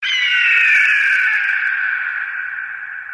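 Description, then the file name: Eagle scream: one long, harsh, hoarse cry that holds for about three seconds while slowly fading. "aguila danielmania"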